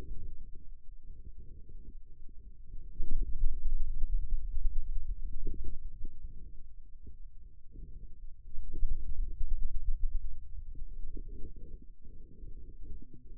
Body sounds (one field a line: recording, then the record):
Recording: forearm muscle sounds (acoustic myography)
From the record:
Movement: hand opening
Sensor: system 2, bracelet of six BSWA MPA416 microphones around the upper forearm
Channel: 5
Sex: male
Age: 22 years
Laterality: right